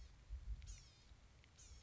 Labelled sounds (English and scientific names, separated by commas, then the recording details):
Blue-gray Gnatcatcher (Polioptila caerulea)
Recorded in Sonoma County, California